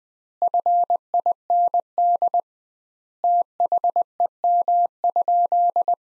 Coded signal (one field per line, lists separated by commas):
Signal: Morse code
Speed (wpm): 20 wpm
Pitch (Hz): 700 Hz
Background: none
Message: FIND THEM?